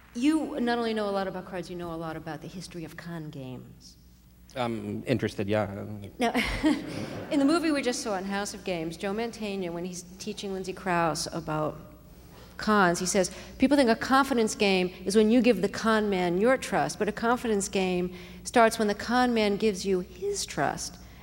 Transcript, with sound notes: you not only know a lot about cards, you know a lot about the history of con games.
I'm interested, yeah.
Now...
(LAUGHTER)
In the movie we just saw - in "House Of Games," Joe Mantegna, when he's teaching Lindsay Crouse about cons, he says, people think a confidence game is when you give the con man your trust. But a confidence game starts when the con man gives you his trust.